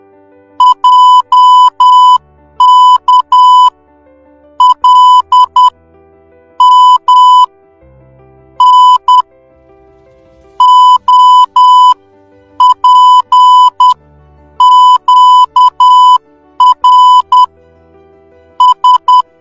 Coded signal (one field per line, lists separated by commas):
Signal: Morse code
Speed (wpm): 10 wpm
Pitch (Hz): 1000 Hz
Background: music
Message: J K L M N O P Q R S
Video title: srk 182 morse codes all letters